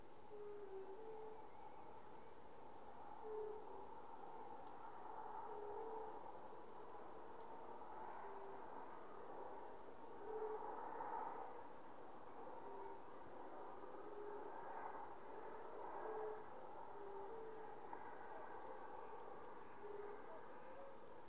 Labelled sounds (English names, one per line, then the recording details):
Fire-Bellied Toad call
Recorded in the wild
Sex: male
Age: adult
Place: Bernau bei Berlin, Barnim, Brandenburg, DE
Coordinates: 52.6666, 13.6248
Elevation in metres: 85
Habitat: pond
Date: 2019-04-30 20:55
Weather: 15°C, clear, almost windless
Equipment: Zoom H4nSP
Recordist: Frommolt, Karl-Heinz